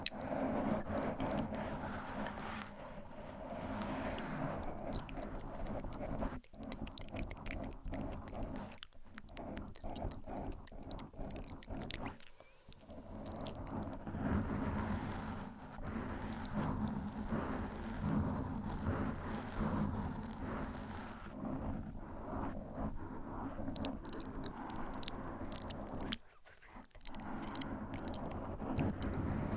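Soft scratching and rubbing against a microphone fill nearly the whole stretch, dense and uneven, with bright crackly strokes and a low muffled rumble underneath. Brief dips into near-silence come around 9, 12 and 26 seconds before the scratching resumes.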